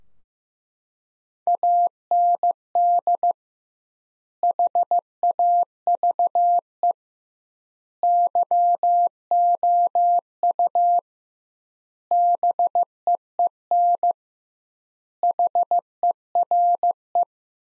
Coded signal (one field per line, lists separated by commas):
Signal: Morse code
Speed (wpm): 15 wpm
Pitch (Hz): 700 Hz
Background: none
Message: AND HAVE YOU BEEN HERE